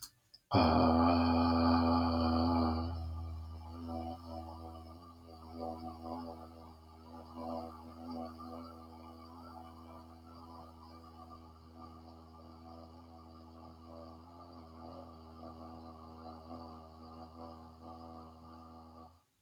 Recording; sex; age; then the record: vowel held as long as possible; male; 40 to 49 years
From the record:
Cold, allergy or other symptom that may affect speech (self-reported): no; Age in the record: 47 years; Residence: Montana, United States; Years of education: 17